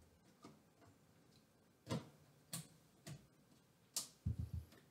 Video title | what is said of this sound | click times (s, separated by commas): Can you MIX RAM??? - Adding 32GB of RAM to my PC!!! | and that's it once the flap clicks in it's going to securely tighten on the card | 2.5 s, 4.0 s